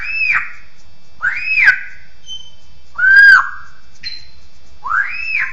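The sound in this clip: Bird song: loud arched whistled notes rising then falling, each about half a second, repeated roughly every one to two seconds with brief higher overtones.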